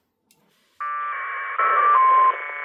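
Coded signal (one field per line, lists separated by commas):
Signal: packet radio (AX.25, as in APRS)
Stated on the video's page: APRS messaging on a Yaesu FTX-1.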